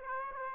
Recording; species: mosquito wingbeat signal from an infrared sensor; Aedes aegypti